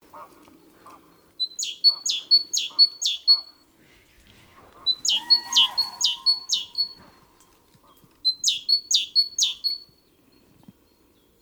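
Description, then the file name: Great tit song: three bursts of paired notes, a steady high whistle then a sharp falling note, each burst about two seconds, with softer lower sounds in the background. "Parus major"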